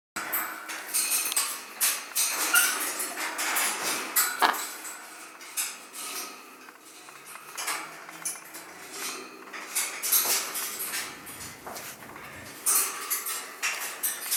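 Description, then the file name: Scarlet macaw chicks begging with rapid, harsh, grating calls in dense runs, briefly softer midway, plus occasional clicks. Hand-reared chicks from a breeding nursery, being fed. "krasnyi ara ptency vykormysi iz pitomnika"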